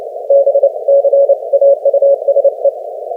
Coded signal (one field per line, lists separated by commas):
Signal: Morse code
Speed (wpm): 26 wpm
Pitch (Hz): 560 Hz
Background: none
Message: BCAUSE